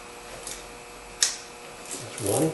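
An ignition coil is pushed onto its spark plug in the cylinder head of a 2005-2014 Toyota Tacoma 4.0 liter, the first coil on the second side. A faint knock comes at 0.5 s, then a sharp snap at 1.2 s as the coil pops in and seats, and someone talks near the end.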